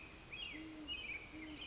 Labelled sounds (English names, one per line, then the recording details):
Great Horned Owl
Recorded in Sonoma County, California